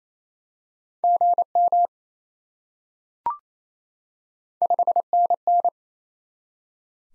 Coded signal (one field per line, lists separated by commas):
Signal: Morse code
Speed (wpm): 28 wpm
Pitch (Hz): 700 Hz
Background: none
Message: GM 5NN